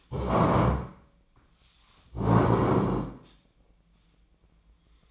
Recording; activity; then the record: daily activity, microphone in the room; stand up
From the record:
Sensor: 1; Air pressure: 1012.3 hPa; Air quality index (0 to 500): 173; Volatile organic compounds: 3 ppm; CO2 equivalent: 1417 ppm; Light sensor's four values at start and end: 43/118/48/59 and 44/118/48/59